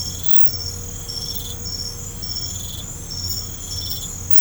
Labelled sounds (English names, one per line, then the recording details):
none
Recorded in pastures near Puerto Asís, Putumayo, Colombia, on 16 December 2024 at 00:00
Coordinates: 0.505, -76.324
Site G063